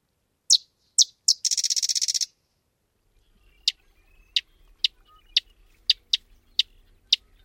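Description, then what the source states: Sedge Wren singing: three dry chips leading into a rapid, buzzy trill, then a series of single sharp chip notes over a faint low rumble. Tiny songbird of sometimes-flooded pastures, meadows and fields; sings twangy tunes; winters in Mexico.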